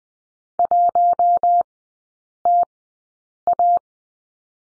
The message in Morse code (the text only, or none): 1TA